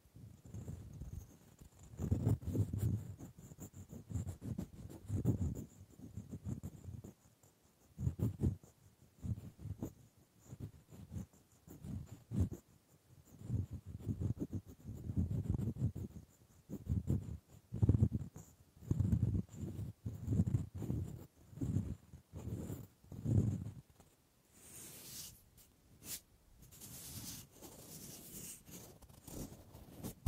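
Wood triggers: repeated low, thudding taps and rubs come in short clusters every second or two, with brief quiet gaps between them. A faint thin whine sits high above throughout. Past the twenty-five second mark the tapping fades and a brighter hissing scrape takes over.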